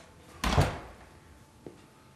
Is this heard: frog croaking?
no